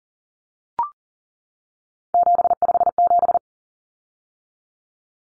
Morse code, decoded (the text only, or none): 757